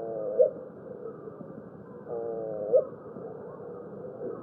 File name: canto do pombao